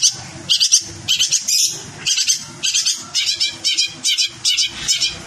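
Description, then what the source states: Long-tailed shrike song, harsh scratchy bursts delivered in repeated short clusters. Cendet kombinasi, a combined or mixed song style.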